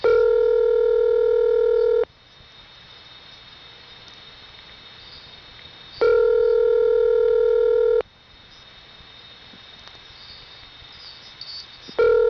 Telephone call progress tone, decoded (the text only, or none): ringback tone